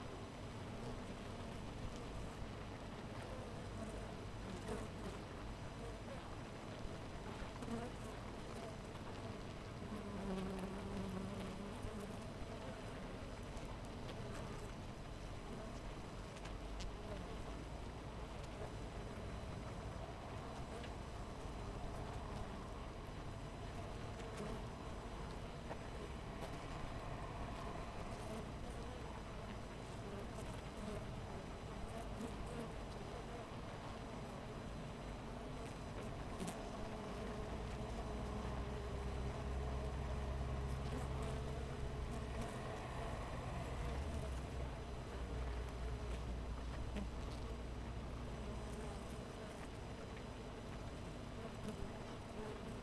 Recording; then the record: honeybee colony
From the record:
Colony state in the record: missing queen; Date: 14 July 2017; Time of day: 6:04